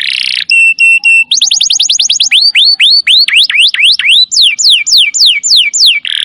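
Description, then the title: Belgian canary delivering a varied song: buzz, steady piping notes, quick trills and a sequence of swooping whistled sweeps, closing with another buzz. Belgian canary; long, sustained song for warming up, used to prompt young canaries into singing. "Canto Para Esquentar Canário Belga. Suara Kenari Nembak Panjang. Cocok buat pancingan kenari muda"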